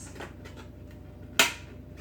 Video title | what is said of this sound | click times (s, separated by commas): Keurig K-Select Coffee Maker | Okay, and then you just push it in until it snaps. | 1.4 s